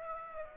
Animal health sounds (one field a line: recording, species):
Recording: mosquito wingbeat signal from an infrared sensor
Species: Aedes aegypti